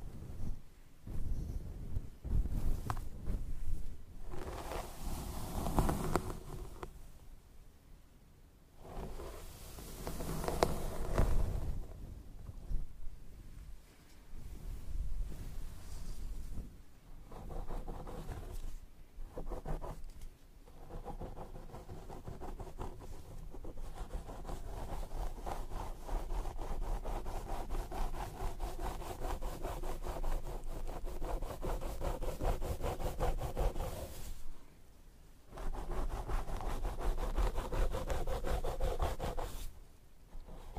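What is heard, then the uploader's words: Hair being brushed and a scalp massaged, with continuous scratchy rubbing and rustling strokes throughout. The strokes run in long, fairly steady passes, broken by brief silent pauses near 8, 14, 19 and 35 seconds, with a louder burst around 11 seconds. Scalp Massage & Hair Brushing.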